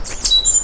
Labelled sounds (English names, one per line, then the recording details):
Stitchbird song
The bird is a male
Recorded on Tiritiri Matangi Island, New Zealand, in 2005
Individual 1, of nest box 1